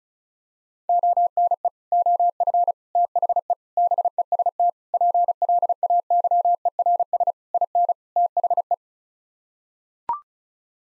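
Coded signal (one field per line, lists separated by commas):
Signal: Morse code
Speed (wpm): 34 wpm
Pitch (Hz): 700 Hz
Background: none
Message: ONE OF THE BEST PLAYERS IN THE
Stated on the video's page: Morse head-copy practice of seven-word sets at 35 wpm, sent, spoken, then sent again.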